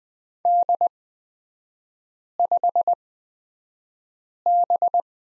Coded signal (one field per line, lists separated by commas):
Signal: Morse code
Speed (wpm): 20 wpm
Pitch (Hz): 700 Hz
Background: none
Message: D5B